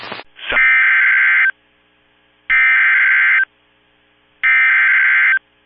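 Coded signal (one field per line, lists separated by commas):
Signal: Emergency Alert System (SAME) tones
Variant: header bursts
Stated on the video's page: Severe storm alerts received from NOAA weather radio stations in Covington, Kentucky, Columbus and Miamisburg, Ohio.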